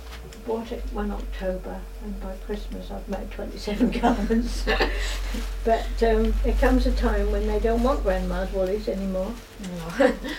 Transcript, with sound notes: Bought it one October, and by Christmas I'd made [laughs] twenty-seven garments! [laughs] But erm, there comes a time when they don't want grandma's woollies any more.
Aw!